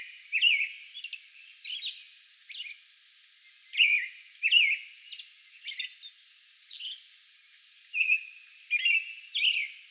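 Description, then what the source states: American robin song of liquid, rising and falling whistled phrases with interjected high squeaky notes, in short irregular groups. Song bout recorded on May 11.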